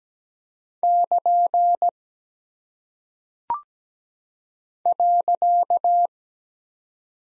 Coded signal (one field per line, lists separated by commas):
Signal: Morse code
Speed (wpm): 17 wpm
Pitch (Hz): 700 Hz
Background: none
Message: <KN> .